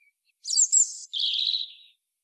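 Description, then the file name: European robin song: one short phrase of very high, shimmering notes dropping into a lower, steady warbled trill, then silence. "Erithacus rubecula"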